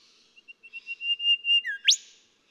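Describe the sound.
Golden whistler song: a steady series of thin whistles swelling in loudness, ending in a falling note and a sharp rising whipcrack.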